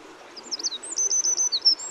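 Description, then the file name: Eurasian wren song fragment: a short string of very high, sharp notes repeated quickly, with faint background hiss. "Troglodytes troglodytes"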